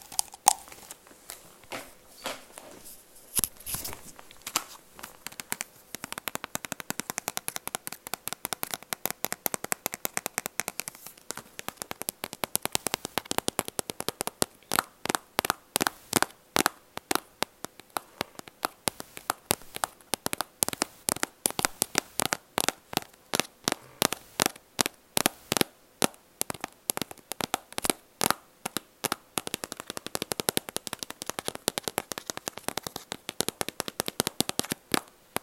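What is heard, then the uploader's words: Rapid tapping and scratching, sharp clicks running almost continuously for the whole recording. The strokes start sparse and uneven, then thicken after about ten seconds into dense, quick bursts with brief pauses near 29 and 33 seconds. Tapping, Scratching and Fluffing ASMR.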